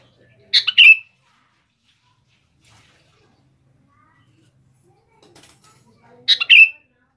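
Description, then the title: Sooty-headed bulbul singing two brief, bubbly chirped phrases about six seconds apart, separated by near silence. "Kutilang"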